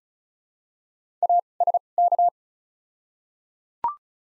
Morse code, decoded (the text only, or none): A S K